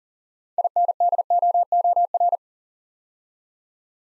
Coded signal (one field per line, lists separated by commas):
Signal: Morse code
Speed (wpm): 40 wpm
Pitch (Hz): 700 Hz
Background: none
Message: INDOOR